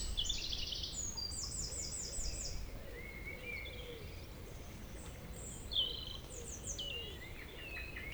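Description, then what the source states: Birds singing: a rapid high trill early on, then scattered chirps and short whistled phrases, with a low rumbling background. Evening village birds in Tregastel bourg, Pleumeur-Bodou, France; around 8 pm, humid weather, April 2019; recorded with MKH 8040 ORTF pair, Rycote, Zoom H5.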